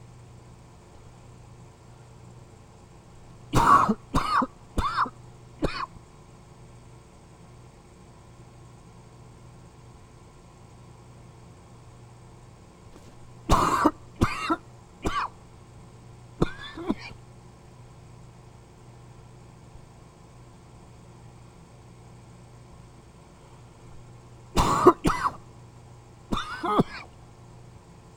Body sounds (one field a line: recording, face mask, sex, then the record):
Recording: voluntary coughing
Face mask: surgical mask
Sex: male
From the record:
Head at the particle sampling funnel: facing it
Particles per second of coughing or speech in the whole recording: 16.7